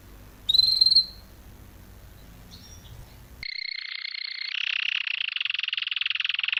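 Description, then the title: Canary singing: a loud whistled chirp and a fainter one over low hum, then a steady high note that breaks into a fast, even buzzy trill. Male Belgian canary singing a lot; training recording meant to warm up young birds within 30 minutes. "Canary Training 17 Esquente Seu Filhote E Canario Belga Em 30 Minutos Macho Cantando Muito"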